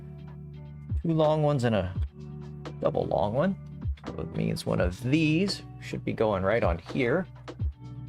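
A 3D-printed plastic upgrade part is handled near the frame of an Ender 5 Pro 3D printer while someone talks over a steady background hum. Short handling knocks come at about 0.3 s and 7.5 s. The part has not seated or clicked into place yet.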